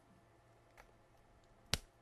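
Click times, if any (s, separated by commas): 1.7 s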